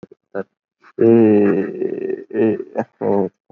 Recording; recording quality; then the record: sustained vowel as in made; excellent, no background noise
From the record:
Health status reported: healthy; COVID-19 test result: negative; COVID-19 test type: RT-PCR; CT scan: taken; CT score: 5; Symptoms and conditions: cough, cold, sore throat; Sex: male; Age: 21 years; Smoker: yes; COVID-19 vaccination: both doses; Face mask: not worn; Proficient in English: yes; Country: India